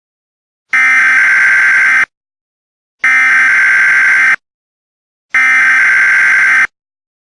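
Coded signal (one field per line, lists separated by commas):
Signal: Emergency Alert System (SAME) tones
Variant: header bursts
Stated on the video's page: Fictional scenario alert about a serial killer.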